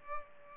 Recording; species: mosquito wingbeat signal from an infrared sensor; Culex pipiens